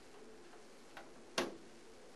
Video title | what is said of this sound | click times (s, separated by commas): How to build a gaming PC part2 | line it up push it in till it clicks then bam good to go and push this in | 1.4 s